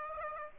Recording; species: mosquito wingbeat signal from an infrared sensor; Aedes aegypti